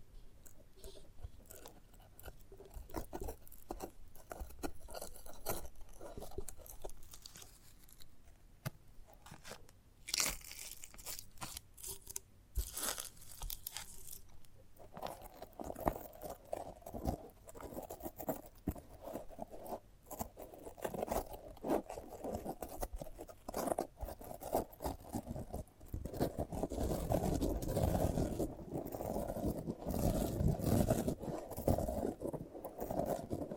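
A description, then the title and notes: A sprouted coconut is handled and worked at, giving dense scraping, crunching and tapping sounds throughout. Bright scratchy bursts stand out around 10 to 13 seconds. From about 15 seconds a fuller, louder scraping takes over, growing strongest between 26 and 32 seconds. ASMR of a Sprouted Coconut (No Talking).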